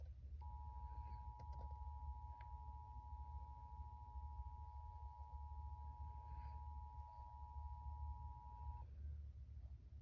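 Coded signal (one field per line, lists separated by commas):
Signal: Emergency Alert System (SAME) tones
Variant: 853 and 960 Hz attention tone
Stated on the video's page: Tornado Warning interrupting TV reruns, recorded by camera with an audio error, audio later enhanced.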